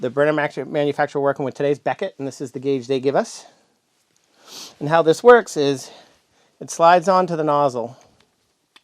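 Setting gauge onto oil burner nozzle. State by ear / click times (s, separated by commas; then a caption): not seated / none. A manufacturer-supplied electrode/nozzle setting gauge for a Beckett oil burner is handled as it is slid onto the oil burner nozzle, while a man talks through most of the clip. Only a couple of faint, brief ticks are heard near the end, and the gauge has not yet locked into place or clicked.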